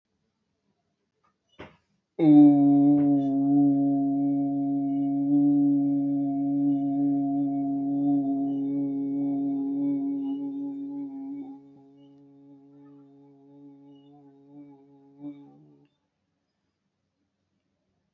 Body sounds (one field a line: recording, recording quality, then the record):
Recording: sustained vowel as in boot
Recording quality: excellent, no background noise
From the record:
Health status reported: healthy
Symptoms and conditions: none ticked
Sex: male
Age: 22 years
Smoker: not ticked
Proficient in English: no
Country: India